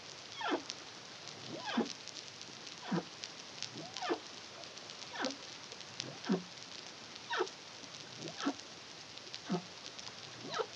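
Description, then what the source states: Humpback whale song units: a fast series of sharp sweeping cries, roughly one per second, some rising and some falling, over a steady background hiss. Song, recorded in the Caribbean (CARIMAM) in 2023.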